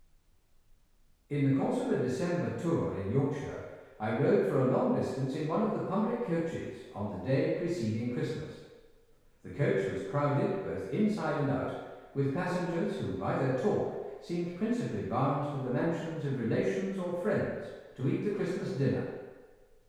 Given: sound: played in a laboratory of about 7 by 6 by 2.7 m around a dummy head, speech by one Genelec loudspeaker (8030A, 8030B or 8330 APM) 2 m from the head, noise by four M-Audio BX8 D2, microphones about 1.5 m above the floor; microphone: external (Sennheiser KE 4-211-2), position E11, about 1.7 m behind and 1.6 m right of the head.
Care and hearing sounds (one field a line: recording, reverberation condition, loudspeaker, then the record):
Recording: male speech in English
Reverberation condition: high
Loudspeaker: behind (180 degrees)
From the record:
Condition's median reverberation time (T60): about 1300 ms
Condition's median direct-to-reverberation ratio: about -4.0 dB